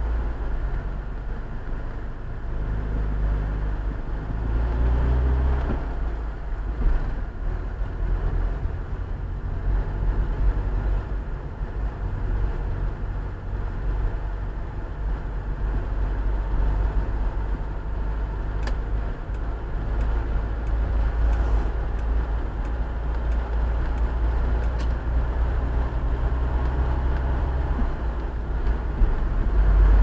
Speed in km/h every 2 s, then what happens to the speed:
9, 13, 19, 24, 26, 27, 25, 26, 27, 30, 31, 32, 33, 36, 38.
0-6 speeds up to 24. 6-15 steady at about 26. 15-30 speeds up to 38.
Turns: none.